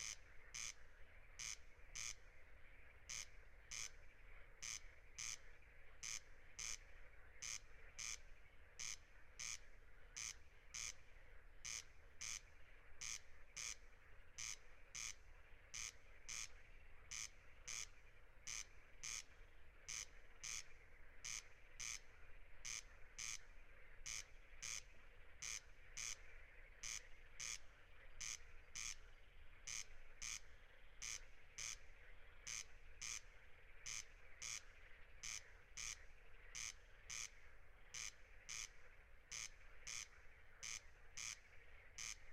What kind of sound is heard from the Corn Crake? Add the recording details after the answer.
song. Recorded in the wild. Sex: male. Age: adult. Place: Schwedt/Oder, Nationalpark Unteres Odertal, Brandenburg, DE. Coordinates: 53.04, 14.2932. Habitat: meadow. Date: 2021-06-10 23:27. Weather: 15°C, 80% humidity, almost windless. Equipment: Edirol R44, Microtech Gefell MK 250/MV220. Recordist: Frommolt, Karl-Heinz